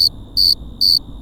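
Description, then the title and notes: Cricket chirping in regular high-pitched bursts, about two per second, over a thin steady whine and quiet low noise. Several crickets on Cerro Gordo hill, León, Guanajuato, Mexico, 18 April 2019 at 9:19 p.m.; recorded with Tascam DR-05X built-in microphones and WS-11 windshield. "Grillos cercanos en el cerro gordo. Lomas del Madrono, Lomas del Campestre, Gto., Mexico. Close to some crickets at Cerro Gordo in Leon, Guanajuato. Mexico. I made this recording on April 18th, 2019, at 9:19 p.m"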